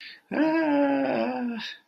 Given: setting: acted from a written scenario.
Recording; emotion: vocal sound without words; distress